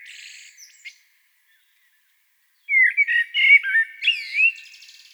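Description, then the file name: Common blackbird singing: a thin high twitter fades out, then after a pause a fuller phrase of mellow whistles rises into squeaky, chattering high notes. "Turdus merula"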